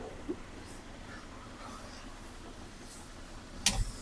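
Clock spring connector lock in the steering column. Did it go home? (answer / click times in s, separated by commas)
no / none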